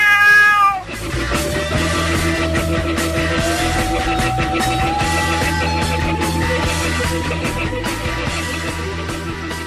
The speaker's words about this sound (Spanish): Soy astuto y juguetón, y cazar un ratón es mi mayor afición. El gato.